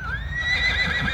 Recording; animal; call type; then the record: contact call of a hoofed animal; Przewalski's horse; whinny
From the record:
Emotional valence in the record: negative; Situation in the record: group separation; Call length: 1.14 s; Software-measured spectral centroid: 2440 Hz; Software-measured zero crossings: 3290 a second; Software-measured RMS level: -24 dBFS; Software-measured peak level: -11 dBFS